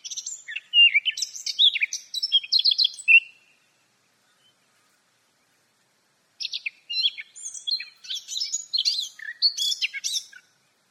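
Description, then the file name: Eurasian blackcap song: two bursts of hurried, scratchy warbling with mixed high and lower notes, separated by about three seconds of silence. "Sylvia atricapilla"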